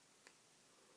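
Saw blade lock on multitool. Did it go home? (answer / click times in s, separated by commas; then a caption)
released / 0.3 s. A push button on the Leatherman Sidekick multitool is pressed to release the locked saw blade, giving a single faint tick at 0.3 s against a low steady hiss. The blade lock releases and the blade is unlocked.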